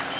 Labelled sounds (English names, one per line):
Cape May Warbler flight call